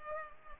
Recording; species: mosquito wingbeat signal from an infrared sensor; Culex pipiens